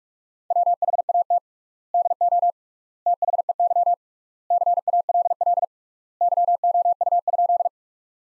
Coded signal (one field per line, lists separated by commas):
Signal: Morse code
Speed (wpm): 43 wpm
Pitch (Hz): 700 Hz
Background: none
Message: WHAT DO THEY CALL YOU?